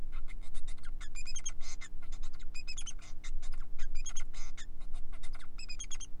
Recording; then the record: song of a male Bengalese finch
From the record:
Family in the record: son of father 4